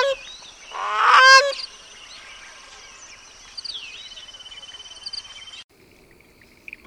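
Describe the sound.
Bird call: a single loud harsh burst near the start, then a thin, steady whistle with faint rapid pulsing.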